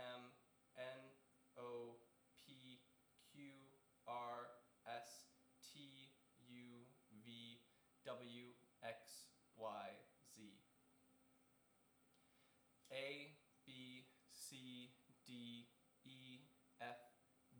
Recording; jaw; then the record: letters of the alphabet, spoken; free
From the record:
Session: seven days later